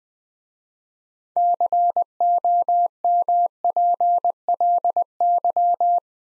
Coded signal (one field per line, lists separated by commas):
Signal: Morse code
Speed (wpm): 20 wpm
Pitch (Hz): 700 Hz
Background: none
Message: COMPLY